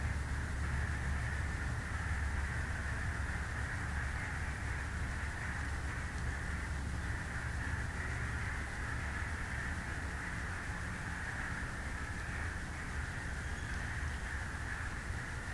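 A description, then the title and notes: A swamp in spring, filled with a steady, dense chorus of frogs whose high trilling calls blend into one continuous shimmer that never lets up. Beneath it runs a constant low rumble, like traffic or wind, with no distinct events. This morning we'll be taking a walk through the Beverly Swamp, listening for spring arrivals, and emerged frog species. Recorded, engineered, narrated and created by the host.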